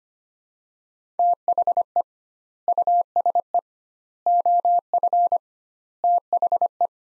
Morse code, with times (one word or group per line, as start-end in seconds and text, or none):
1.2-2.0 THE
2.7-3.6 USE
4.3-5.4 OF
6.0-6.9 THE